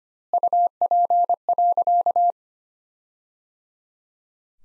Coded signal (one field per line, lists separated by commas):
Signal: Morse code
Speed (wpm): 25 wpm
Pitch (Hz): 700 Hz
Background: none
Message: UP.